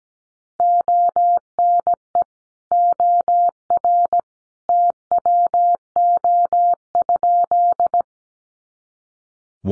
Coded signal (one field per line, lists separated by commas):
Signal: Morse code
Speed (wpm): 17 wpm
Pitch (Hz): 700 Hz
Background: none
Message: ONE OR TWO?